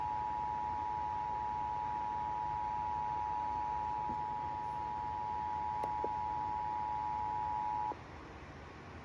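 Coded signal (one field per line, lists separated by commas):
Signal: Emergency Alert System (SAME) tones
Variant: 853 and 960 Hz attention tone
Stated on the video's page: EAS monsoon storm alerts, a Required Monthly Test, and a NOAA Weather Radio weekly test.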